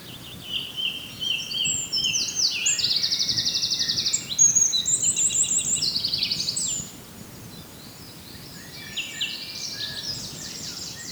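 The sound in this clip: Birds singing in a chorus: several high, fast trills and twittering phrases overlap, loud at first then softer after about seven seconds, over a steady low hiss.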